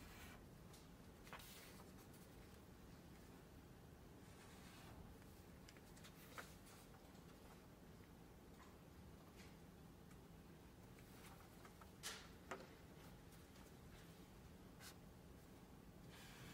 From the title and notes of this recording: Glasgow library. (university of glasgow).